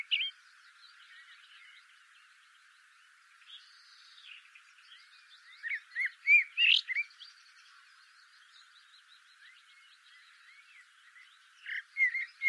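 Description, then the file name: Eurasian blackbird song: short bursts of warbled notes with squeaky twitters, a brief burst at the start, one phrase midway and another at the end, over faint background sounds. "Turdus merula"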